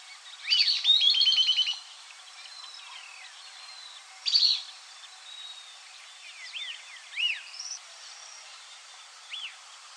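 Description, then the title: Southern beardless tyrannulet gives a fast run of high chattering notes, then a brief second burst, followed by fainter thin arched and slurred notes. Subspecies Camptostoma obsoletum olivaceum. "LuckyPassaro Completos2Sama. Southern Beardless Tyrannulet (Camptostoma obsoletum olivaceum)"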